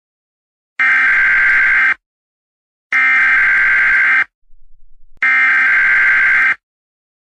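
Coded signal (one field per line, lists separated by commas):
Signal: Emergency Alert System (SAME) tones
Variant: header bursts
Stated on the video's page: Fictional EAS scenario, simulated rather than a real alert.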